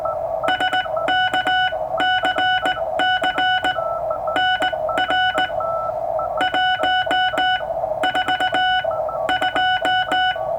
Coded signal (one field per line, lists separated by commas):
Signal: Morse code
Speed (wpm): 19 wpm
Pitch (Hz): 1480 Hz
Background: none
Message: SKCC NR 142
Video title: Straight Key Night 2018 -- Morse Code QSO